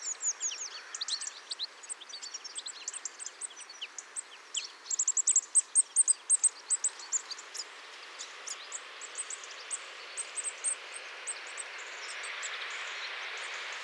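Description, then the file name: Eurasian blue tit giving high, thin, rapid chattering notes in a busy series, fading near the end into a steady background hiss. "Cyanistes caeruleus"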